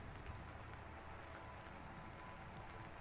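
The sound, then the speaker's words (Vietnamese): Night-time drizzle: soft, steady rain hisses evenly across the whole stretch, a faint wash of fine rain with scattered tiny patters and a low rumble underneath, no voices. “Mưa bắt đầu lất phất rơi.”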